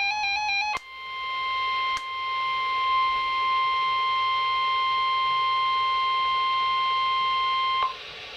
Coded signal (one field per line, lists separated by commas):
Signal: Emergency Alert System (SAME) tones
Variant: 1050 Hz attention tone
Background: music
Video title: Required Weekly Test FAILS! (EAS #1,094-1,095) 2/28/18